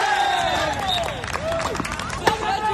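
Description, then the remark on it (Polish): Sounds from outdoor neighborhood sports pitches: a steady mix of shouting, calling voices and babble, with rising and falling cries cutting through and a few sharp knocks or claps. “O tym, by znów usłyszeć odgłosy dobiegające z osiedlowych boisk.”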